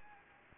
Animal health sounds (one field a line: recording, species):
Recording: mosquito wingbeat signal from an infrared sensor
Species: Anopheles gambiae